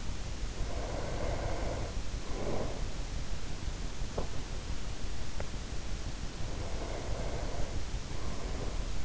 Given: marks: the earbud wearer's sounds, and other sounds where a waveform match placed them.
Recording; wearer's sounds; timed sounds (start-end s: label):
sounds in sleep by an in-ear microphone; breath, teeth grinding
0.25-3.04 s: breath
4.02-4.41 s: teeth grinding
5.22-5.61 s: teeth grinding
6.32-9.05 s: breath